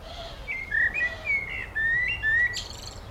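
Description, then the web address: A bird singing a bright, warbling run of clear whistled notes, fast and varied, with a few high chirps near the end. Birdsong recorded in a village garden. "Tom Hutchings Birdsong In A Village Garden"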